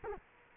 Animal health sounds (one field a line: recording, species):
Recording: mosquito wingbeat signal from an infrared sensor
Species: Culex quinquefasciatus